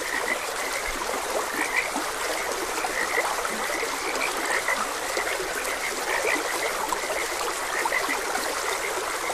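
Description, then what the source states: Frog chorus of repeated bright chirping notes, constant throughout, with a steady rush of flowing water underneath. Frogs croaking beside a gentle stream.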